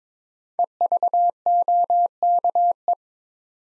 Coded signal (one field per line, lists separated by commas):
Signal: Morse code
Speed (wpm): 22 wpm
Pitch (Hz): 700 Hz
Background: none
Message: EVOKE